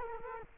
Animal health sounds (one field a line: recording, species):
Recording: mosquito wingbeat signal from an infrared sensor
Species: Culex quinquefasciatus